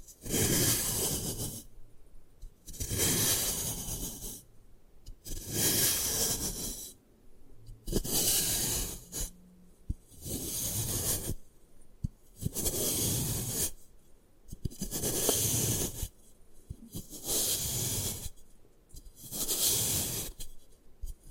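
Gym chalk is crushed and rubbed in a steady rhythm of gritty, scraping bursts, each about a second and a half long. Roughly nine strokes come at regular intervals of about two and a half seconds, separated by short near-silent pauses.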